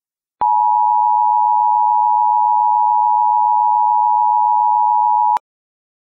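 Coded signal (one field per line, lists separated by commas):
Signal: Emergency Alert System (SAME) tones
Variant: 853 and 960 Hz attention tone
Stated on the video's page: Fictional EAS scenario, a simulated alert.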